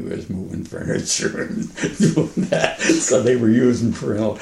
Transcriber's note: laughs